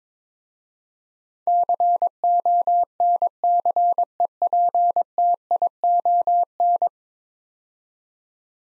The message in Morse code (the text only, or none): CONCEPTION